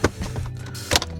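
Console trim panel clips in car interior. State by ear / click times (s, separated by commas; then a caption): released / 0.9 s, 1.0 s. A car's interior center console trim panel is pried up during a short shifter install, with low rumbling and rustling as it is worked loose. Its plastic retaining clips pop free from the body with sharp snaps at 0.9 and 1.0 seconds, and the panel comes out with no broken clips.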